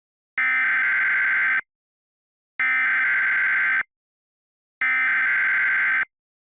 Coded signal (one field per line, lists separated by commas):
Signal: Emergency Alert System (SAME) tones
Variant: header bursts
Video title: EAS - Figure of the Overgrown (Easter Sunday Special)